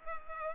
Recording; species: mosquito wingbeat signal from an infrared sensor; Culex pipiens